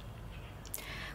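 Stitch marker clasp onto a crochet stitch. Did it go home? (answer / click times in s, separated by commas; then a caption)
yes / 0.7 s. A locking plastic stitch marker is clipped onto a single crochet stitch in lace thread, and its clasp closes with a short, sharp click at 0.7 s, just after a fainter tick. The marker is seated, with only quiet low background hiss around it.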